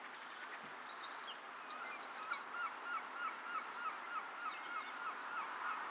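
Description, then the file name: Eurasian wren song with high buzzy trills and sharp notes, while another bird steadily repeats short lower slurred whistles. "Troglodytes troglodytes"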